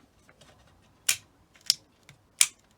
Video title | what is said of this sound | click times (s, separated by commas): Seat Ibiza Indicator click lights on warning speaker replacement | sure you hear the clicks for all the LED tabs and they sit securely where they should do | 1.1 s, 1.7 s, 2.4 s